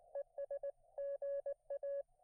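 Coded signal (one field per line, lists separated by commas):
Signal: Morse code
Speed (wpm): 21 wpm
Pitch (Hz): 590 Hz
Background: none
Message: ES GA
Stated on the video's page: Morse from an unplanned POTA park activation with mediocre band conditions.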